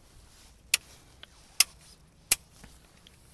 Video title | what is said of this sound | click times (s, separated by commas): Model Y 21-inch Carbon fiber RimCase Tesla Überturbine Wheels Rim Protector EVBASE#tesla | c'est un petit peu mieux sur cette jant là c'est bizarre ça clipse mieux là | 0.7 s, 1.6 s, 2.3 s